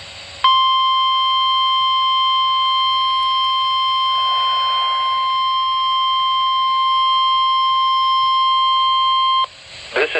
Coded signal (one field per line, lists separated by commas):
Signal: Emergency Alert System (SAME) tones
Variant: 1050 Hz attention tone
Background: speech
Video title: Required Weekly Test | EAS #61